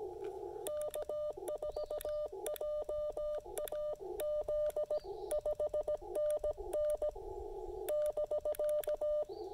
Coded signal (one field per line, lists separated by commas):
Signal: Morse code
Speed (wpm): 18 wpm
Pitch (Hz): 600 Hz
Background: none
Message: K4JAZ 5NN <BK>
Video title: POTA: Pairing the LDG Z-100 Plus, Icom IC-705, and Chameleon CHA Emcomm III Portable